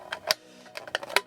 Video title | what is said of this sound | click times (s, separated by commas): Altaya Valentino Rossi Tous Mes Casques au 1/5 | vous avez entendu ça se clipse plutôt bien et fort | 0.3 s, 1.2 s